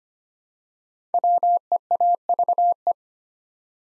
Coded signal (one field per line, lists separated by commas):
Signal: Morse code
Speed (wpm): 25 wpm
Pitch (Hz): 700 Hz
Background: none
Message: WEAVE